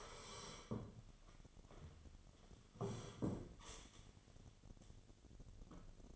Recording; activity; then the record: daily activity, microphone in the room; sit down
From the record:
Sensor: 4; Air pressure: 1016.1 hPa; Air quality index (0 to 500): 166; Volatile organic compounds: 6 ppm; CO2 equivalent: 1886 ppm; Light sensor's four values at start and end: 9/20/8/7 and 9/20/8/7